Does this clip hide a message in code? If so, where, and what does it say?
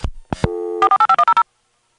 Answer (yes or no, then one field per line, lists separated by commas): yes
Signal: DTMF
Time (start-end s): 0.8-1.4 s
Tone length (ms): 80 ms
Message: 48510